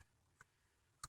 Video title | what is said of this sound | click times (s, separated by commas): 2010 Ford Fusion Spark Plug Change | put it back on and it's you should hear a click and we did that's all there is to it | 1.0 s